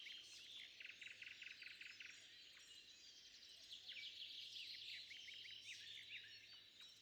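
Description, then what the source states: Birds calling in overlapping chirps and trills, a rapid stuttering series early on followed by sweeping high twitters, over a low hum. At sunrise.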